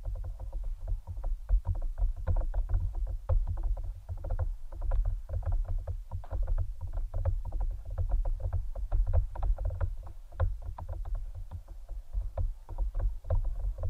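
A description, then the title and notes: ASMR triggers on a head mic: a dense, steady stream of quick taps and scratchy clicks, many per second, over a constant low, thudding rumble. The pattern holds evenly from start to finish, with no speech and no pauses. ASMR Unique Head Mic Triggers（No Talking）.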